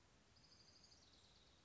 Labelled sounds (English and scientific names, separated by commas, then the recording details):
Orange-crowned Warbler (Leiothlypis celata)
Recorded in Sonoma County, California